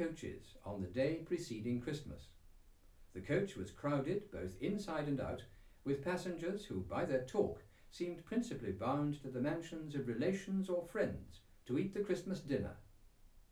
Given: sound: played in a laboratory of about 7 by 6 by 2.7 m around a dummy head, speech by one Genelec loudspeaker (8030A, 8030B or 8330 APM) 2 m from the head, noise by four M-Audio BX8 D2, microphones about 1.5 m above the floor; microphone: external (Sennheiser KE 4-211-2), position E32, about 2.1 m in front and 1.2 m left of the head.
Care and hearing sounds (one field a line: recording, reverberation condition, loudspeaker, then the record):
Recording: male speech in English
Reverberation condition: low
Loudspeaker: 120 degrees to the left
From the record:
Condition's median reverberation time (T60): about 310 ms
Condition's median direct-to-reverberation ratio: about 3.5 dB